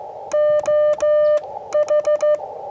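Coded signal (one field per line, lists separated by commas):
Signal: Morse code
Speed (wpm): 14 wpm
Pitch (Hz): 600 Hz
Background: none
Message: OH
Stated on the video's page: CW contacts on 40m in a park using an Elecraft KX2 powered by solar-charged battery, Buddipole antenna vertical on an 8 ft pole.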